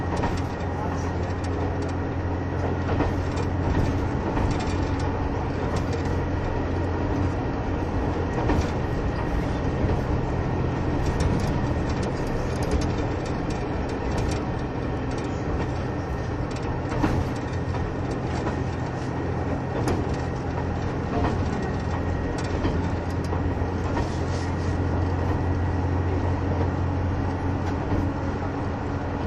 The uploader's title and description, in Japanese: キハ71系 ゆふいんの森03号03 由布院～別府。走行音(音の旅)